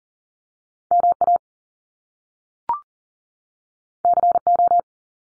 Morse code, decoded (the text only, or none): MA CO